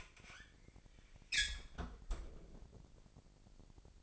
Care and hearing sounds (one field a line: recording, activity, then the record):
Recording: daily activity, microphone in the room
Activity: close fridge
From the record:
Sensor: 5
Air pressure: 1002.0 hPa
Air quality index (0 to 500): 211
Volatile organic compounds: 22 ppm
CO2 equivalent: 2742 ppm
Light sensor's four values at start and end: 11/25/10/12 and 10/23/9/10